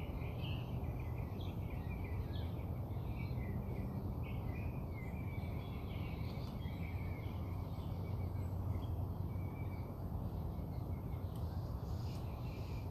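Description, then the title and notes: Bird chirps and short warbled phrases come and go across the recording, partly masked by a continuous low rumble. Birds singing outside the narrator's house. "Bird Songs Part Two. More bird songs outside my house"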